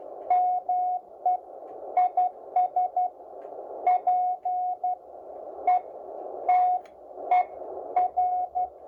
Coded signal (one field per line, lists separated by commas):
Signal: Morse code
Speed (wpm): 11 wpm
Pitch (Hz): 730 Hz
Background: none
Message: ME IS PETER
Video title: Morse Code on Ham Radio 40 Metre Band